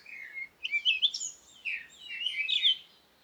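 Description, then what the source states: Birds twittering in dense bursts of high, warbled chirps and slurred whistles, with a faint hiss of background noise underneath. Recorded at Komati, Africa, in the morning with wind; birds close.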